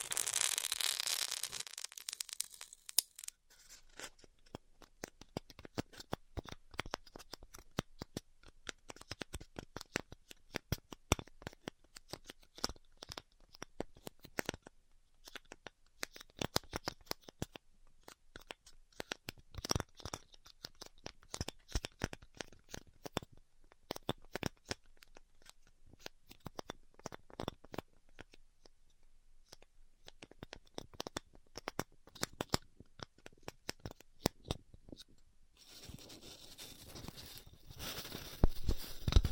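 Styrofoam heat cutting gives dense, irregular crackling and sharp ticks throughout, with a steadier hiss at the start and again near the end.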